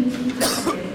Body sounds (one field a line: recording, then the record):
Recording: coughing mixed with background sound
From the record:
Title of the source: Coughing 79